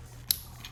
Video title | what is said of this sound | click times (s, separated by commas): Transformers Legacy Deluxe Class DEAD END review #stunticons #transformerslegacy | You hear that snapping sound. | 0.3 s